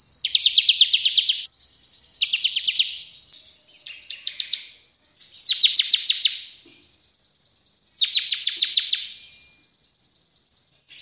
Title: Ciblek gacor nembak 3 lagu untuk masteran